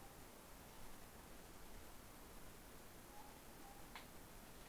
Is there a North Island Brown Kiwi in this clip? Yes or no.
no